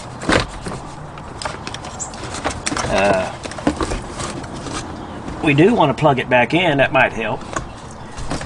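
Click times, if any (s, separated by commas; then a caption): none. A plastic switch from a 2014 Mustang's interior, handled during an FDIM radio display screen replacement, has its connector plugged back in and is brought to its opening in the car's interior trim panel while someone talks. Light plastic taps and handling knocks are heard over faint background noise. Nothing has seated or clicked into place yet.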